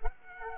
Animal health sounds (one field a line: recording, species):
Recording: mosquito wingbeat signal from an infrared sensor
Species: Culex pipiens